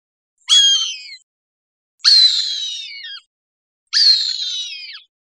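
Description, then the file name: Cooper's hawk calling three times with raspy, slightly falling screams, evenly spaced with silence between. Recorded on 19 August 2001. "CR COHA 081901"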